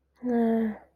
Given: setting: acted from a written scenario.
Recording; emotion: vocal sound without words; neutral